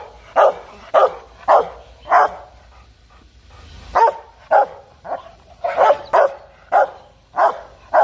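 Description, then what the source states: Dog barking harshly and repeatedly, with a short gap after the first four barks, then a quicker, uneven run of barks. Dog barking fiercely.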